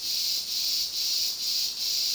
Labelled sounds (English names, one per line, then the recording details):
none
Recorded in dense forest near Puerto Asís, Putumayo, Colombia, on 21 February 2024 at 12:30
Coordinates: 0.466, -76.327
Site G6413